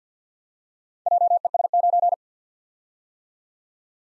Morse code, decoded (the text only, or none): JES9